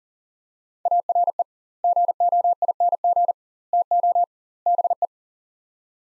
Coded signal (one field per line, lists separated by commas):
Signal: Morse code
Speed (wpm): 40 wpm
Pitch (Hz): 700 Hz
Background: none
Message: ARE GOING TO BE